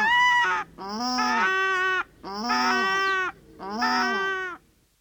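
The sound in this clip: Paradise shelduck calls, four rich nasal honks, most about a second long, with brief gaps.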